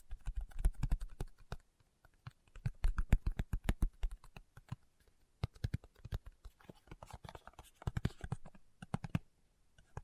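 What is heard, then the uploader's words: Fingertips tap rapidly on a hard surface, making dense bursts of sharp, crisp clicks with a soft low thud under many of them. The tapping comes in uneven clusters, briefly pausing near five seconds and again just before the end. ASMR Tapping with Fingertips (No Talking).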